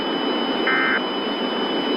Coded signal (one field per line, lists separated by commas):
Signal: Emergency Alert System (SAME) tones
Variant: end-of-message bursts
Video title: EAS Scenario/Analog & Digital Horror - Red Giant Sun